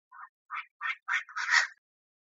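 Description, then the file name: Chinese francolin calling with a short run of raspy notes that rise in loudness, the last one longer and harsher. Female calling in Thailand. "tieng chim da da mai goi trong thai lan"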